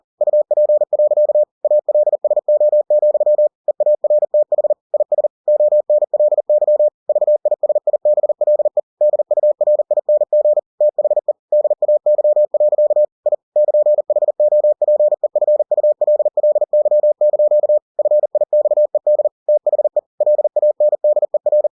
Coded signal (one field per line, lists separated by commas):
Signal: Morse code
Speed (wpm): 40 wpm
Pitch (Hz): 600 Hz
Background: none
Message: UP. ALSO, EARTH IS ONLY VISIBLE DURING THE DAY. I <KN>HOPEFULLY) FIXED THE LANDER